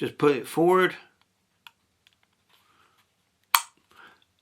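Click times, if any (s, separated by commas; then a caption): 3.5 s. A flight battery is clipped onto the underside of a small DJI Neo drone and pushed forward until it locks into place. Someone talks at the start, followed by faint small ticks, then a single sharp, loud click at 3.6 s. The battery is seated and locked.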